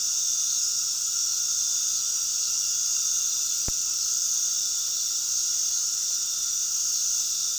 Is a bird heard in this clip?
no